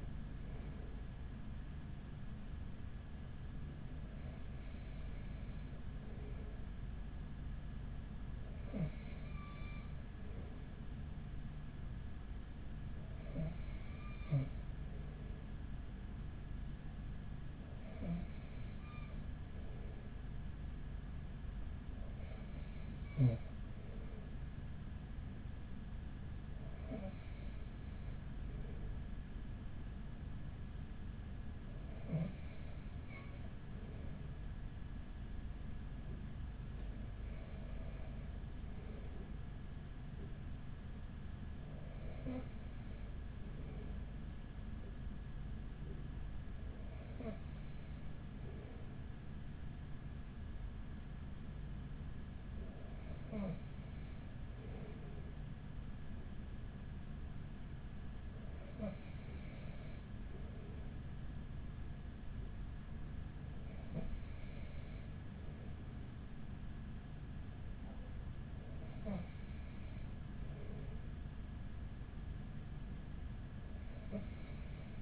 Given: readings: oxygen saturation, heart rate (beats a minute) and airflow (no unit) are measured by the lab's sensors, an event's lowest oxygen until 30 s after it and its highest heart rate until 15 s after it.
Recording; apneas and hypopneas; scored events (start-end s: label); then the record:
breathing in sleep by a smartphone at the bedside; none
none scored
From the record:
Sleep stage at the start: N2 (light sleep); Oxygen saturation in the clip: 94 to 95%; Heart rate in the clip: 38 to 43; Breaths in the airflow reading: 15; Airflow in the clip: -6.8 to 5.2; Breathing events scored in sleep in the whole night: 207 in 7.6 hours asleep